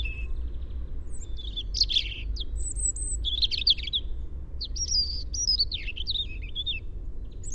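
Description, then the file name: European robin sings a continuous string of varied high warbles, sweeping whistles and short trills, changing pitch from phrase to phrase above a low background hum. "Erithacus rubecula"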